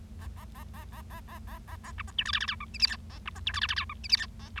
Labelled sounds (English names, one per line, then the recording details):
Bengalese Finch song
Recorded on 25 March 2012 at 10:49
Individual gy6or6